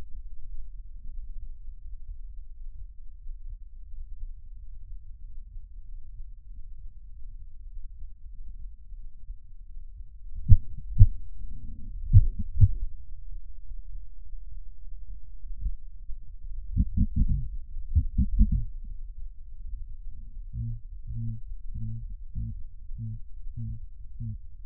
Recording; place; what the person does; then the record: lung sounds by stethoscope; left posterior apical chest; quiet breathing, then cough and speech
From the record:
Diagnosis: none (healthy); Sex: male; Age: 23 years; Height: 185 cm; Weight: 93 kg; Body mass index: 27.2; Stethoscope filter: bell mode